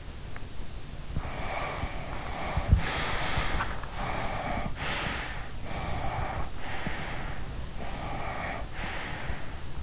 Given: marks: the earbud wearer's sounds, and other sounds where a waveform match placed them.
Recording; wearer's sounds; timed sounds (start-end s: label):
sounds in sleep by an in-ear microphone; breath, teeth grinding
1.12-3.90 s: breath
3.61-4.08 s: teeth grinding
3.98-5.51 s: breath
5.64-7.67 s: breath
7.77-9.83 s: breath